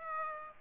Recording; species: mosquito wingbeat signal from an infrared sensor; Aedes aegypti